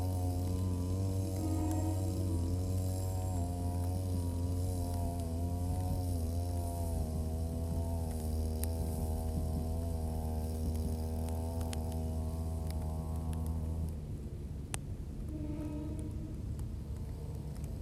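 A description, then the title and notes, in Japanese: A brush cutter drones steadily while mowing weeds along rows of green onions, its engine holding an even, buzzing pitch with a strong low hum. Around fourteen seconds the engine eases off and the tone drops and wavers. Scattered sharp ticks and clicks ring out throughout. ひたすら草刈り機で草刈り。梅雨真っ只中。草刈り機でネギの列、そして畑まわりを刈っていきます。録音場所は固定なので、あっちへ行ったり、こっちへ行ったりがわかりますね。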